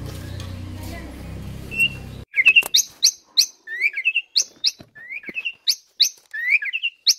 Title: Masteran Jalak Suren AMPUH Dan EFEKTIF Atasi Burung KURANG GACOR Dan LOYO